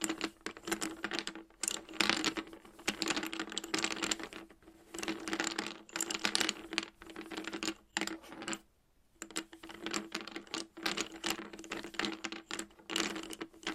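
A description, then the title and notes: Chalk is tapped and scratched in quick, dense bursts of sharp clicks and gritty scraping that run almost without pause. A steady low hum sits under the activity throughout. Brief silent gaps break it up near 1.5, 4.5 and 8.5 seconds. ASMR Playing With Chalk Asmr Tapping and Scratching No Talking.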